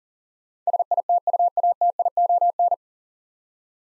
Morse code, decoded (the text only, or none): SITUATION